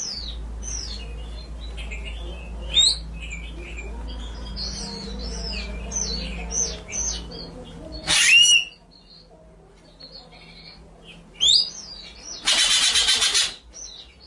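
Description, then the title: White-rumped shama song of varied whistled and warbled phrases with harsh buzzy bursts, over a low engine hum in the first half. Masteran (training) track of full song featuring the 'ngerol' rolling and 'nembak' shooting song styles. "Masteran Murai Batu Full Ngerol Nembak"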